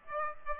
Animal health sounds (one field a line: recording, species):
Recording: mosquito wingbeat signal from an infrared sensor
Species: Aedes aegypti